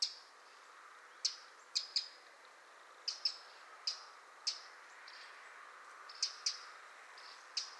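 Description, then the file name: Eurasian wren calls: sharp, clicking ticks high in pitch, single or in quick pairs, scattered irregularly throughout with faint softer chirps between. "Troglodytes troglodytes"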